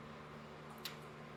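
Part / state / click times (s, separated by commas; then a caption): anti-squeal shim onto disc brake pad backing plate / seated / 0.9 s. An anti-squeal shim is pressed onto the backing plate of a disc brake pad, and it snaps into place with one short, sharp click at 0.9 s. The click stands out above a steady low hum. The shim is seated.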